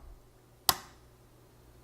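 A Torx screw on an AMD Threadripper CPU socket retention frame on the motherboard is pressed down and turned backwards until its thread drops into place. A single sharp click is heard at 0.7 s against a quiet background. The thread is seated.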